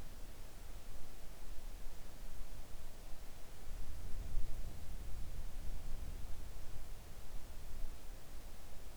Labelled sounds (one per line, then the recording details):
near silence
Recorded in the Arctic National Wildlife Refuge, Alaska, on 3 August 2019 at 05:16
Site 41